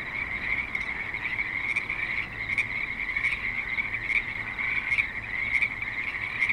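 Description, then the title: Frog chorus, steady overlapping trills forming a constant shimmering band, with brief louder notes rising above every second or so. Frogs at a creek in suburban Spanish Springs, Nevada. "Frogs in Spanish Springs, NV - creek view"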